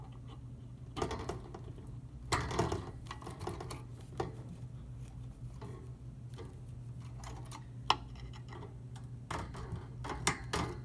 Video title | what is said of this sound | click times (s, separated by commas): Cash2 - Antminer A3 and Power Supply Setup | just connect them all into there you'll hear a little click when when they get when they fit into the slots correctly | 2.3 s, 7.9 s, 10.3 s